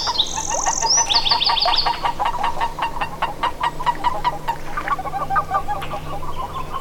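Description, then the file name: Western toad peeps in fast, uneven overlapping series, while a bird gives a quick descending run of high chirps near the start. "Western Toad-Gary Nafis"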